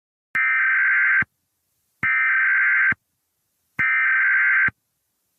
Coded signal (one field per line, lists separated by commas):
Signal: Emergency Alert System (SAME) tones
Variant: header bursts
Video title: EAS Scenario #32 Cloverfield (400 SUB SPECIAL)